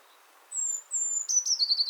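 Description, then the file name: Eurasian blue tit song opening: two thin high whistled notes, then the start of a quick trill cut short at the end. "Cyanistes caeruleus"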